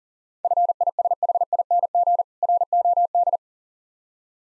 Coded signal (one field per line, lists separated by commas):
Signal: Morse code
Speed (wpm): 40 wpm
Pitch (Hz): 700 Hz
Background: none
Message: FISHING ROD